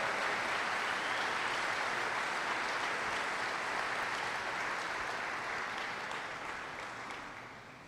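An audience at a sermon applauds one another steadily, a dense wash of many hands clapping at once that holds strong for several seconds, then gradually thins and fades toward the end.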